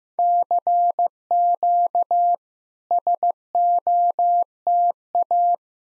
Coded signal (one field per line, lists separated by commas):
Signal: Morse code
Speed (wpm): 15 wpm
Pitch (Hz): 700 Hz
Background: none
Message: CQ SOTA